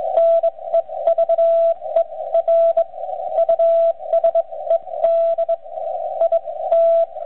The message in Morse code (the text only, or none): NEVER USED IT